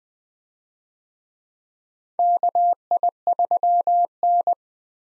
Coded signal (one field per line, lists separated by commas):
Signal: Morse code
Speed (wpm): 21 wpm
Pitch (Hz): 700 Hz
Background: none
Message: KI3N